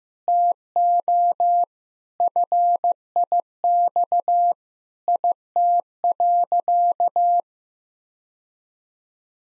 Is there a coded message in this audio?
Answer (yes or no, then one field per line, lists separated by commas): yes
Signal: Morse code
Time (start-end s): 0.3-7.4 s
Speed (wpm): 15 wpm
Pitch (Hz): 700 Hz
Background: none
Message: TO FIX IT.